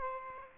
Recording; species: mosquito wingbeat signal from an infrared sensor; Aedes aegypti